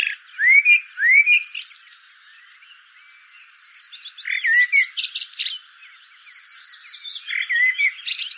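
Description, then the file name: Common blackbird song opening with two rising fluty whistles, then long stretches of squeaky, chattering high twitter. "Turdus merula"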